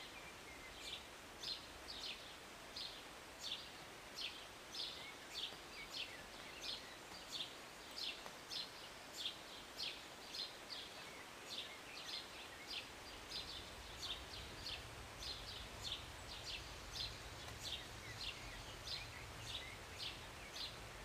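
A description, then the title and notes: Light morning rain hisses steadily while a bird chirps in a quick, regular series of bright, high notes, repeating about twice a second throughout. From about halfway through, a faint low rumble joins underneath. Was sitting on my balcony on a Sunday morning, enjoying a cup of tea and the birds. The short rain in the morning with birds singing and chirping beautifully. Believe it or not, this was recorded in the city. Rainy Morning with Birds Chirping.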